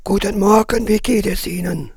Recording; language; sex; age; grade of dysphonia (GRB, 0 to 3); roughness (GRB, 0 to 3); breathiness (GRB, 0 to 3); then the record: spoken sentence; German; male; 60 to 69 years; 3; 3; 3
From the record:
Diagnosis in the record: frontolateral partial laryngectomy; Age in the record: 67 years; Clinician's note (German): Zustand nach Hemilaryngektomie, unvollständige Kompensation